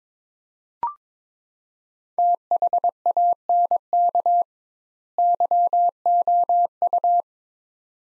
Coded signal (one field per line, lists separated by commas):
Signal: Morse code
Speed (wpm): 21 wpm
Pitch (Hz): 700 Hz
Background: none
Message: THANK YOU